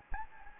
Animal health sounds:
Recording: mosquito wingbeat signal from an infrared sensor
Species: Anopheles gambiae

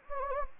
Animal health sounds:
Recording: mosquito wingbeat signal from an infrared sensor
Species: Anopheles gambiae

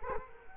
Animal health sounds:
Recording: mosquito wingbeat signal from an infrared sensor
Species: Culex quinquefasciatus

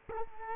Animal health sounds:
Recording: mosquito wingbeat signal from an infrared sensor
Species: Culex quinquefasciatus

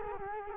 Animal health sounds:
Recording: mosquito wingbeat signal from an infrared sensor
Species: Culex quinquefasciatus

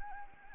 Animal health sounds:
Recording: mosquito wingbeat signal from an infrared sensor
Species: Anopheles arabiensis

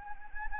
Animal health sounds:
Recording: mosquito wingbeat signal from an infrared sensor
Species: Anopheles arabiensis

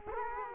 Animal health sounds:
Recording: mosquito wingbeat signal from an infrared sensor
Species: Culex quinquefasciatus

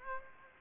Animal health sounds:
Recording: mosquito wingbeat signal from an infrared sensor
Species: Aedes aegypti

